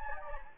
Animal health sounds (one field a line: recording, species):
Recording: mosquito wingbeat signal from an infrared sensor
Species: Anopheles gambiae